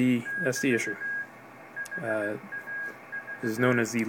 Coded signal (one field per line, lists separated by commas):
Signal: Morse code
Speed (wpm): 16 wpm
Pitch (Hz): 1650 Hz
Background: speech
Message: <BT> HAV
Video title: Kenwood TS-430S HF Transceiver with intermittent low receive sensitivity